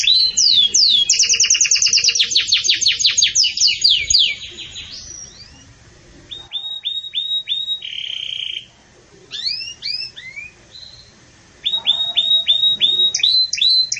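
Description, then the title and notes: Belgian canary song with a loud fast rattling trill, a quieter stretch of whistled notes and a buzz, then more rapid repeated chirps. Pure campainha song style, delivered with pauses, intended for training singing birds. "Canto Canário Belga Campainha Puro Com Pausa Para Treinamento. CANARIO BELGA"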